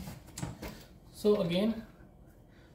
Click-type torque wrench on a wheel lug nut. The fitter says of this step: so again you just need to hear the click sound so once you hear the click sound that mean it's it's on their maximum you don't need to tighten again